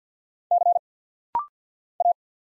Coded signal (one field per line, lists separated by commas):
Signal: Morse code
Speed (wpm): 50 wpm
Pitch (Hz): 700 Hz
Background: none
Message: C A